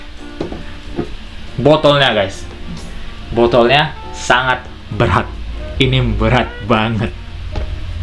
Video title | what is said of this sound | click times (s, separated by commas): Lattafa Ameer Al Oudh Intense - Parfum ini sempet hype banget..apakah masih worth it dibeli sekarang | Oke, tutupnya juga bisa terpasang dengan bunyi klik. | 7.6 s